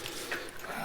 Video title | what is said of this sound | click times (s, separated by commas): Cliq Chair Review (Overlanding Gear, Backpacking, Marchway, Coleman, Best Camping Chair, Helinox) | the front one click back two clicks | 0.1 s, 0.3 s